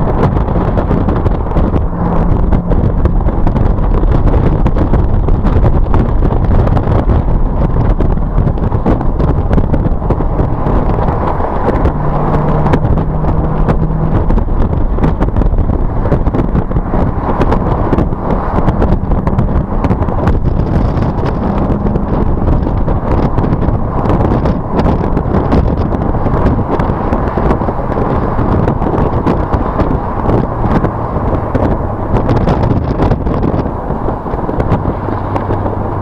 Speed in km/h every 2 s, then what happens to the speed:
77, 82, 82, 74, 74, 68, 71, 69, 63, 61, 63, 64, 66, 60, 56, 52, 47, 42.
3-10 slows to 68. 13-17 slows to 61. 17-24 steady at about 63. 24-33 slows to 42.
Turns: 10-17, 31-36.